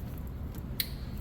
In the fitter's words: You heard it click.